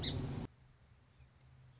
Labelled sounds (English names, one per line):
Song Sparrow